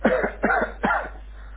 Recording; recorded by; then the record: voluntary cough; telephone call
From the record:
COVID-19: positive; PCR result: checked with the laboratory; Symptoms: no